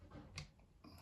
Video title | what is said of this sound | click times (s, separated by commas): Valken m17a2 PVR DELETE + BUMPER mod - how to m17 for less lethal home defence Canada riot balls.com | As always, I'm going to go left first until I hear it kind of lock in. Hear it lock in. | 0.4 s